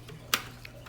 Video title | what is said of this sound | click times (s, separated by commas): Inside My SunSun Canister Filter - EVERYTHING! Episode #6 | I really shake them around and push them down make sure they're there snapped into place | 0.3 s